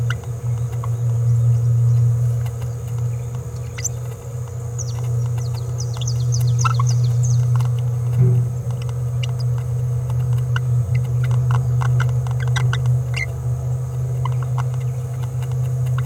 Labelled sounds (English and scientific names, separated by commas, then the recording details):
Green-rumped Parrotlet (Forpus passerinus) babbling
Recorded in a nest box in Venezuela
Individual 18B17A4